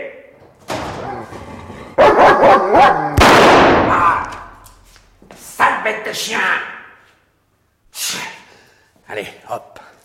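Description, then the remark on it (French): A dog barks in a series of loud, rough bursts, one long harsh outburst in the middle, followed by shorter barks and a few higher yips with brief pauses between. “Liquider le chien. Pas mort, mais c'est tout comme. Quelle peur il m'a fait, sale bête.”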